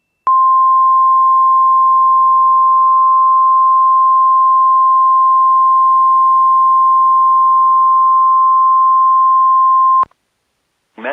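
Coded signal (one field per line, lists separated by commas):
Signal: Emergency Alert System (SAME) tones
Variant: 1050 Hz attention tone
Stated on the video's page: Real Child Abduction Emergency relayed by the National Weather Service at the request of state emergency management.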